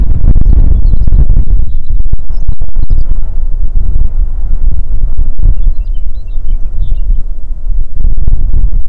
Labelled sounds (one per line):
songbird
wind